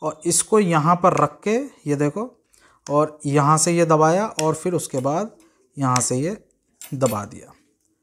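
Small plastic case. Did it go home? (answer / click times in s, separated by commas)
no / none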